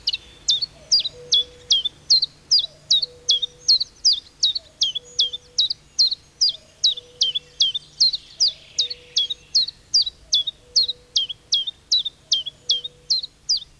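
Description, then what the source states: Common Chiffchaff singing a long, steady series of bright notes, roughly two and a half per second. Singing in the middle of a spruce forest in Finland; the song is said to sound out the bird's own name.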